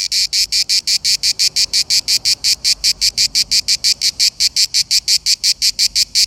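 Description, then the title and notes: Cicada song: loud, buzzy rasping pulses repeated in rapid succession in a steady, even rhythm throughout, with no other clear sounds. Single cicada, on holiday in Verona. "Eine Zikade im Urlaub in Verona"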